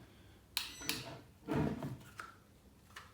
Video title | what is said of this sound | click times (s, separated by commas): Ryobi Multitool unboxing and test | nice oh that just locks into place although | 0.6 s